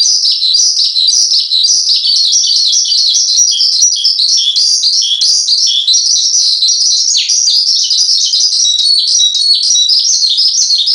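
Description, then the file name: Horsfield's bushlark in continuous song: dense, high twittering and varied chirped notes pouring out without a break for the whole stretch. Local name branjangan; the song is described as gacor, a lively, nonstop singing style. "suara branjangan gacor istimewa"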